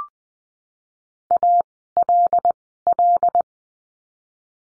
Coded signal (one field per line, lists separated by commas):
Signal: Morse code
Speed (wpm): 20 wpm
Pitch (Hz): 700 Hz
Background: none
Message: A L L